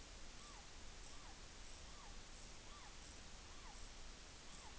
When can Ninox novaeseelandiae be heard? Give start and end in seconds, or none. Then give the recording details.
0.30-0.65, 1.05-1.37, 1.74-2.18, 2.56-2.97, 3.39-3.81, 4.34-4.78. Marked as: faintness 5/5. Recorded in New Zealand on 14 June 2013. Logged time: 02:27. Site Ponui